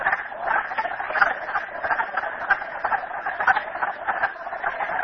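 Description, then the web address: Frog chorus, a dense rattling mass of trills with a few sharper individual calls standing out now and then. Frogs at Merryspring. "audio frogs merryspring 42008"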